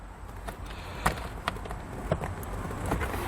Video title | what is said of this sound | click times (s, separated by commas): etrailer - Redarc Tow-Pro Liberty Brake Controller Installation - 2018 Toyota 4Runner | so once we hear it click we'll just come on the outside here | 1.1 s, 1.5 s